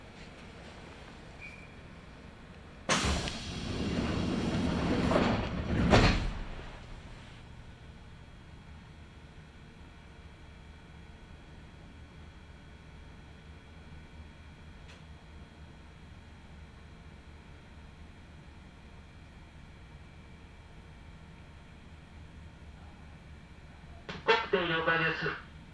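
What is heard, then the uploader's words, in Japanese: A Kintetsu Nagoya Line local train runs between Shiohama and Shirako, with a steady low rumble throughout. From about 3 to 6 seconds a loud rushing roar swells and cuts off, and a short warbling burst sounds near 24 seconds. 近鉄名古屋線各駅停車 塩浜→白子。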